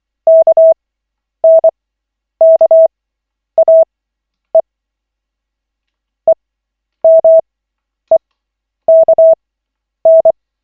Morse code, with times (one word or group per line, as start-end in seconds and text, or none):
0.3-4.6 KNKAE
6.3-10.3 EMEKN